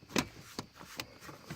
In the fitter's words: just kind of snaps back in just